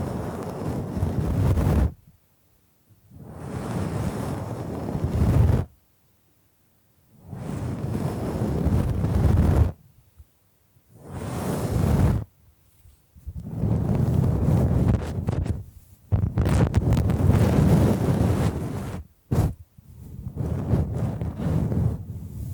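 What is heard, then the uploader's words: Bamboo is brushed and scratched in rough, rushing bursts lasting a few seconds each, broken by brief silences, with a heavy low rumble. Bamboo Tapping, Scratching and Brushing Sounds.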